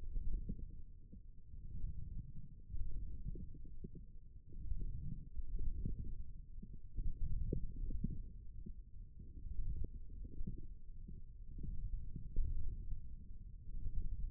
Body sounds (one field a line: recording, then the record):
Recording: forearm muscle sounds (acoustic myography)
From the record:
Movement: forearm pronation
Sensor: system 1, eight BSWA MPA416 microphones around the upper forearm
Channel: 1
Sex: male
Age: 28 years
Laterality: right